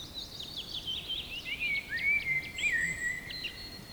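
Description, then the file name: Eurasian blackbird song: high twittering notes run into smooth whistled phrases, with a brief thin high whistle above and steady background hiss. "mustarastas"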